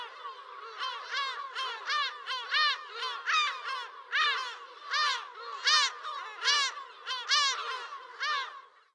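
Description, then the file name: Lesser black-backed gulls calling together, a dense run of nasal, barking yelps tumbling over one another with no pause, fading out at the end. "Silltrut"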